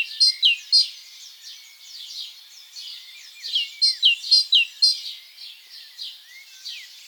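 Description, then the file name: Great tit song: bright high two-note phrases in quick bursts near the start and middle, with softer chirps throughout. "Parus major"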